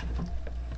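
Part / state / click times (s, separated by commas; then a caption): wooden jig into laser engraver bed / not seated / none. A wooden master jig is slid into position in the bed of a WeCreat laser engraver, giving a low, steady rumble with light scraping and a brief soft tap at about 0.5 s. The clip ends before the jig goes home, so nothing has seated or clicked into place yet.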